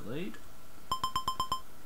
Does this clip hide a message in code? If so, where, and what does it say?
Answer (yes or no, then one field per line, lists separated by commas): no